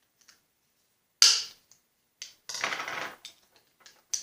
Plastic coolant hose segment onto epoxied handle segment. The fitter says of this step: we're going to snap them on